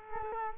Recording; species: mosquito wingbeat signal from an infrared sensor; Culex quinquefasciatus